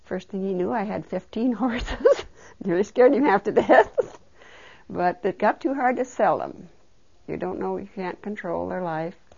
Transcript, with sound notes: First thing he knew I had fifteen horses. Nearly scared him half to death. (she laughs) But it got too hard to sell them. You don't know if you can't control their life.